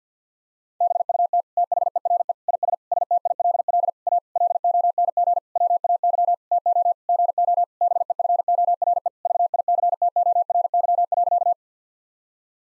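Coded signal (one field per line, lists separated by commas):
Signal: Morse code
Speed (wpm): 50 wpm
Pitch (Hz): 700 Hz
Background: none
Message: BUT THERE IS STILL A LONG WAY TO GO BEFORE VICTORY.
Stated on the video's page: Morse sentence-copying drill of common nine-word phrases at 50 wpm, each sentence sent, then spoken, then sent again, with the first words spoken beforehand.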